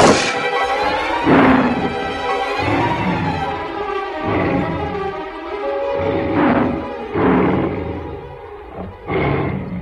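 A tiger out on the hunt roars and growls in a series of loud, rough, low-pitched bursts, each swelling and fading over several seconds with a rumbling, harmonic rasp.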